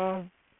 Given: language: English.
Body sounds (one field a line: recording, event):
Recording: throat vibration sensor signal played as sound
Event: speech